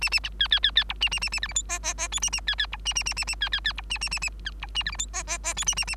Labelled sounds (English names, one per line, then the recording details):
Bengalese Finch song
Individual Bird3